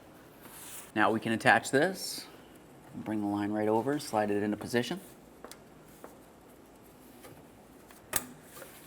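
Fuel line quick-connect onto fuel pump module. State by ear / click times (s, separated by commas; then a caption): seated / 8.2 s. A fuel line quick-connect coupling on a 1994-2002 Dodge Ram 2500 is slid onto the fuel pump module nipple while someone talks. After a few faint handling taps, a sharp click at 8.2 seconds marks the quick-connect seating on the module.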